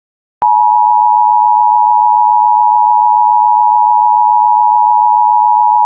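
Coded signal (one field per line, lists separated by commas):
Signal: Emergency Alert System (SAME) tones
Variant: 853 and 960 Hz attention tone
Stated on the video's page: Fictional EAS scenario, not a real alert.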